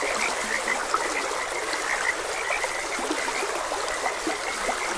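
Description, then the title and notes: Frog chorus of quick high clicking calls, overlapping constantly over continuous flowing water. Frogs croaking beside a gentle stream. "Gentle Stream and Frogs Croaking - Calming Sounds of Nature. Sleep and Relaxation Podcast"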